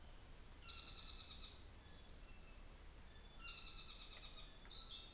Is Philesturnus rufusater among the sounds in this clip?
yes